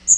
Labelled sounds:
Magnolia Warbler (Setophaga magnolia) flight call

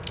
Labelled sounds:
Palm Warbler (Setophaga palmarum) flight call

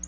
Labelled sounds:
Black-throated Blue Warbler (Setophaga caerulescens) flight call

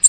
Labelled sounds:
American Redstart (Setophaga ruticilla) flight call

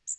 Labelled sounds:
Magnolia Warbler (Setophaga magnolia) flight call

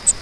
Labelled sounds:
Grace's Warbler (Setophaga graciae) flight call

